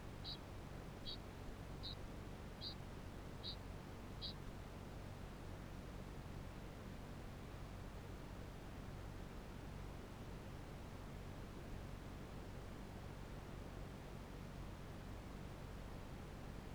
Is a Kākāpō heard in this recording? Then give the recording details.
yes. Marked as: faintness 3/5. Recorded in New Zealand. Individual Barnard